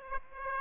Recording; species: mosquito wingbeat signal from an infrared sensor; Aedes aegypti